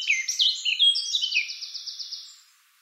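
Eurasian blackcap song closing with hurried warbled notes, then a fading series of quick repeated chips.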